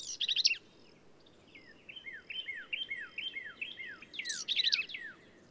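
Black-capped vireo giving a rapid, raspy chattering phrase, then a string of quick downslurred notes, ending with another harsh buzzy burst.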